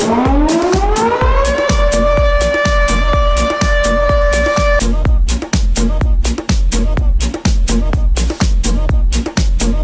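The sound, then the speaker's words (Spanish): A siren sound effect on the cumbia radio program Gladiador de la Cumbia (Emporio Tropical) sweeps upward in pitch and holds a steady wail for several seconds over a loud, driving drum beat, then cuts out while the rhythmic music continues. “Como loco el pulpo con la sirena y los botones,”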